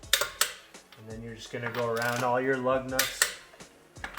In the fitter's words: you're just gonna push down on the wrench till you hear the click